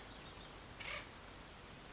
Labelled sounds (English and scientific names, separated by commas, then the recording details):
Acorn Woodpecker (Melanerpes formicivorus)
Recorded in Sonoma County, California